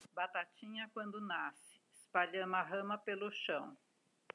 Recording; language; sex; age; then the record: short text; Brazilian Portuguese; female; 60 to 69 years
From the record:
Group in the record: control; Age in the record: 63 years